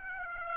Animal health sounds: mosquito wingbeat signal from an infrared sensor; Aedes aegypti

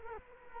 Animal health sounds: mosquito wingbeat signal from an infrared sensor; Culex quinquefasciatus

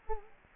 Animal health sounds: mosquito wingbeat signal from an infrared sensor; Culex quinquefasciatus

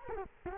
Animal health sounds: mosquito wingbeat signal from an infrared sensor; Culex quinquefasciatus

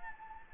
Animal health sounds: mosquito wingbeat signal from an infrared sensor; Anopheles gambiae

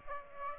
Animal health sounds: mosquito wingbeat signal from an infrared sensor; Aedes aegypti

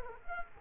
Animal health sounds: mosquito wingbeat signal from an infrared sensor; Culex quinquefasciatus

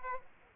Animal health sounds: mosquito wingbeat signal from an infrared sensor; Aedes aegypti

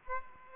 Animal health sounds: mosquito wingbeat signal from an infrared sensor; Aedes aegypti

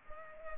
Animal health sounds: mosquito wingbeat signal from an infrared sensor; Culex pipiens

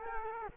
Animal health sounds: mosquito wingbeat signal from an infrared sensor; Culex quinquefasciatus

